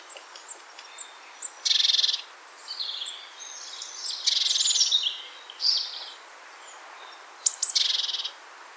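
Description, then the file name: Great tit uttering rasping, buzzy churr calls in short bursts, several in a row, with faint high chips between them and constant background hiss. "Parus major"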